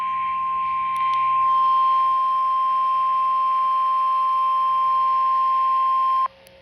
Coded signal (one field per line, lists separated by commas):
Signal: Emergency Alert System (SAME) tones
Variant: 1050 Hz attention tone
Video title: A CHAOTIC MESS... EAS Alerts from 03/18/21 - EAS #155-165